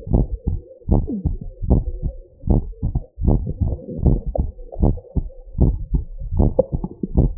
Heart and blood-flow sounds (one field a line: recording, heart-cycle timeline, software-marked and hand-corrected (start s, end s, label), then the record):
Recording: heart sounds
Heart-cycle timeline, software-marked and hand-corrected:
0.00	0.12	diastole
0.12	0.26	S1
0.26	0.48	systole
0.48	0.58	S2
0.58	0.90	diastole
0.90	1.04	S1
1.04	1.26	systole
1.26	1.36	S2
1.36	1.70	diastole
1.70	1.84	S1
1.84	2.06	systole
2.06	2.16	S2
2.16	2.48	diastole
2.48	2.62	S1
2.62	2.84	systole
2.84	2.94	S2
2.94	3.28	diastole
3.28	3.42	S1
3.42	3.62	systole
3.62	3.72	S2
3.72	4.04	diastole
4.04	4.20	S1
4.20	4.38	systole
4.38	4.48	S2
4.48	4.82	diastole
4.82	4.94	S1
4.94	5.16	systole
5.16	5.26	S2
5.26	5.60	diastole
5.60	5.76	S1
5.76	5.94	systole
5.94	6.04	S2
6.04	6.38	diastole
6.38	6.52	S1
6.52	6.74	systole
6.74	6.82	S2
6.82	7.18	diastole
7.18	7.32	S1
7.32	7.38	systole
From the record:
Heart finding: normal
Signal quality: good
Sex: female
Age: 75 years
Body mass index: 27.2